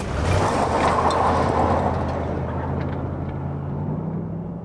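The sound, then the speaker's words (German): A heavy engine rumbles steadily with a low, droning hum that rises slightly in pitch, like a truck driving along, loud and continuous with no voices. “Ein Wunder, dass wir es bis zum Laster schafften.”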